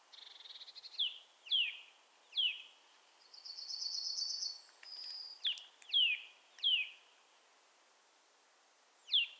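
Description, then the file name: Eurasian nuthatch giving repeated downslurred whistled calls, loud and clear, irregularly spaced, with a thin, rapid high trill in the middle. "Sitta europaea"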